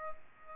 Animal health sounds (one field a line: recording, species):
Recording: mosquito wingbeat signal from an infrared sensor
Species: Aedes aegypti